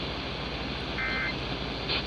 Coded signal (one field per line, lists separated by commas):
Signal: Emergency Alert System (SAME) tones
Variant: end-of-message bursts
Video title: Flash Flood Warning on 1560 WFME-AM New York City, NY (7/16/23) (EAS #2,692)